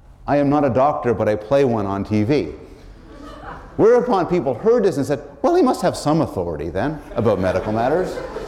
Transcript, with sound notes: “I am not a doctor but I play one on TV,” [laughter] whereupon people heard this and said, “Well, he must have some authority then about medical matters.”